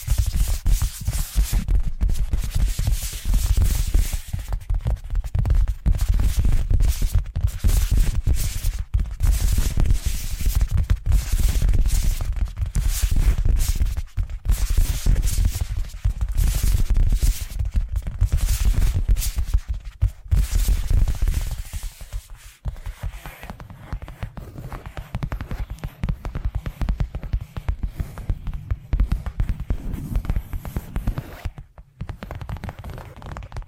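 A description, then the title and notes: Tapping triggers: quick, dense taps and scratchy rubbing sounds with a full, heavy low end, running almost without pause for the first twenty-two seconds. After that the texture thins into lighter, sparser brushing and scraping, with a brief silence near thirty-two seconds. ASMR 10 Addictive Tapping Triggers. (No Talking).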